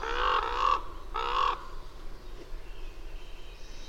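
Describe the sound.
Bird uttering two loud, harsh caws close together, followed by quiet background with faint high thin notes.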